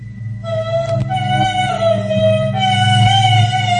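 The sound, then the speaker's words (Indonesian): An eerie, wordless humming comes from behind a closed toilet stall door, holding a steady, slightly wavering tone over a low droning undertone, starting after a brief silence and continuing unbroken without any speech. “Suara senandungnya itu berasal dari balik pintu toilet itu.”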